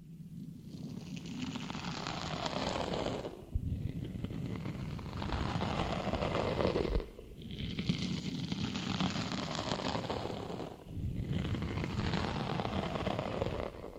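Dense crinkling and scratching comes in four long bursts of about three seconds each, split by short pauses near 3.5, 7 and 11 seconds. The crackle is fast and busy, with a soft low rub underneath and steady loudness within each burst.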